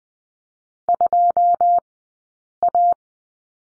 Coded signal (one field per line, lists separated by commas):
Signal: Morse code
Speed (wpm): 20 wpm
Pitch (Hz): 700 Hz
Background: none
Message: 2A